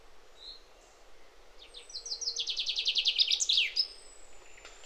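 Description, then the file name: Common chaffinch song: after a quiet start, a fast accelerating run of high notes drops in pitch and ends with a short emphatic flourish. "Fringilla coelebs"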